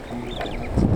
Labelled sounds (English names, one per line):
Superb Starling flight call